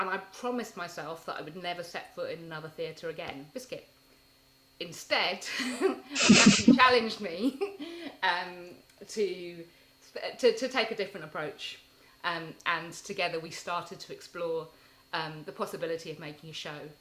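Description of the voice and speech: An adult woman's fluent speech is broken by an out-of-context blurted word, 'biscuit', and a loud vocal burst. These are Tourette syndrome vocal tics, involuntary noises.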